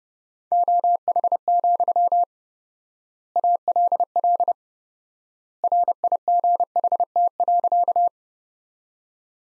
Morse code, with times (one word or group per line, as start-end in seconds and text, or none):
0.5-2.2 OH,
3.4-4.5 ALL
5.6-8.1 RIGHT.